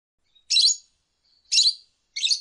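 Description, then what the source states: Lovebird calls: three harsh, high, scratchy chirps, each about a third of a second long, the second a second after the first and the third sooner, after about two-thirds of a second. Lovebird ngekek song, used as a bait song to prompt other lovebirds to sing.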